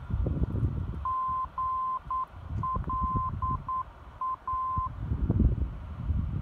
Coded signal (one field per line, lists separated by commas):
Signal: Morse code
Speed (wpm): 9 wpm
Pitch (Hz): 1040 Hz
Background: none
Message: GLA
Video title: Alaska NDB DX'ing PEE 305 Khz. from Matanuska Glacier recreational site, Alaska